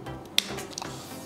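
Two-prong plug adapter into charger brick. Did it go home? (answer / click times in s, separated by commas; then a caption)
yes / 0.4 s. A two-prong plug adapter is fitted onto a laptop-dock charger brick and pushed until it clips in, giving a single sharp snap at 0.4 s. Two faint ticks follow near 0.7 and 0.8 s over a low background hum. The adapter is seated on the charger.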